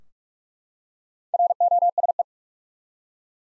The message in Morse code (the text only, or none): ROSE